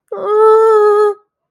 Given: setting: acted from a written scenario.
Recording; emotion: vocal sound without words; distress